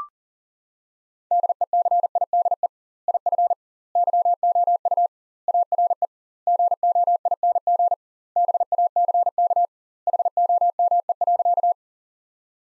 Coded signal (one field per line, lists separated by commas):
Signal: Morse code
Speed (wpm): 40 wpm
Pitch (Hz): 700 Hz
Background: none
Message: DECIDE IF YOU ARE GOING BACK HOME.